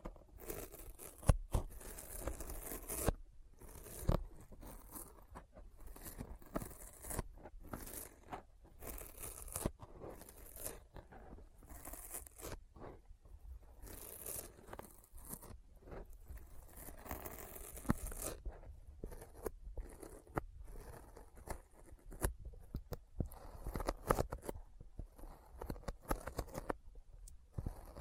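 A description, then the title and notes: Sticky finger sounds: dense, irregular bursts of peeling and tearing clicks, bright and crackly, with brief pauses between clusters. The snaps come rapidly and unevenly throughout the 28 seconds, some sharper and louder than others, over near silence. ASMR Intense Sticky Finger Sounds (No Talking).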